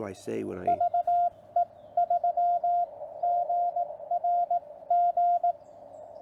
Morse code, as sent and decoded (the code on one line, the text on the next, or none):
...- . ...-- --. .-. --.
VE3GRG